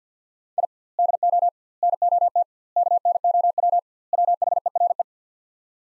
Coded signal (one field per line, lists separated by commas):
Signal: Morse code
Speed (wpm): 50 wpm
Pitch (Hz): 700 Hz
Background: none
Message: I DO NOT KNOW WHERE